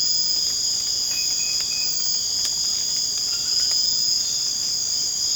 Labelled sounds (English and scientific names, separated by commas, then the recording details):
none
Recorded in secondary vegetation near Puerto Asís, Putumayo, Colombia, on 19 March 2025 at 00:30
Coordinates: 0.485, -76.322
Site G040